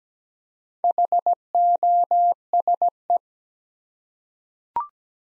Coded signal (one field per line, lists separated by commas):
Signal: Morse code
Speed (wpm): 17 wpm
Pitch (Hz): 700 Hz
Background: none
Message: HOSE